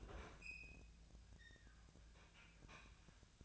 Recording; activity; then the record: daily activity, microphone in the room; open fridge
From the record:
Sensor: 2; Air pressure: 1009.6 hPa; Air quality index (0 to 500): 183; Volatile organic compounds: 11 ppm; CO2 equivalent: 2283 ppm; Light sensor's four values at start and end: 27/65/28/31 and 27/65/28/31